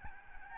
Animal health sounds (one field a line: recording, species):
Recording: mosquito wingbeat signal from an infrared sensor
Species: Aedes albopictus